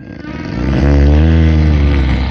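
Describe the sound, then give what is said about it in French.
A giant's deep, rumbling snore that swells from a rough, uneven start into a loud, sustained low drone, shaking the whole house, with no voices alongside it. “toute la maison est secouée par ces énormes ronflements.”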